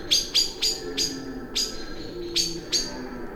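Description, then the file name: Common blackbird repeating sharp chink notes at slightly irregular intervals, with a faint low hum behind. "Turdus merula"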